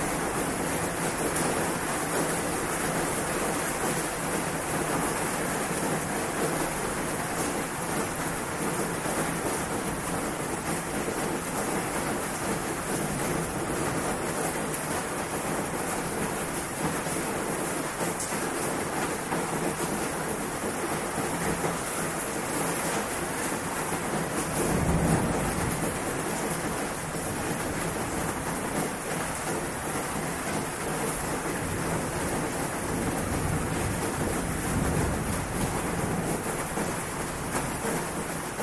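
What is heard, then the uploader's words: Steady, dense rain hisses evenly across the whole recording, a bright wash with no pauses. A low rumble runs underneath, swelling briefly around twenty-five seconds like distant thunder before settling back into the constant downpour. THUNDERSTORM RAIN AMBIENT ASMR NOISES AND SOUNDS. Thunderstorm rain ambient noises and sounds.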